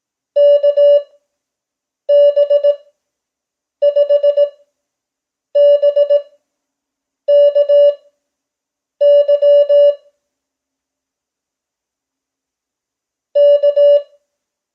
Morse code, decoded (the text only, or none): KB5BKY K